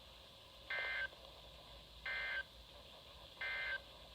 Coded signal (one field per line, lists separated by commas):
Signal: Emergency Alert System (SAME) tones